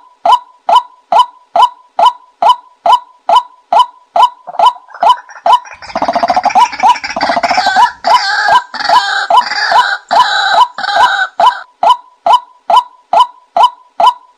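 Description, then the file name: White-breasted waterhen calls: a loud hollow note repeated steadily about twice a second, joined midway by harsher overlapping croaking calls that fade again. Calling in the daytime. "tieng quoc keu ban ngay"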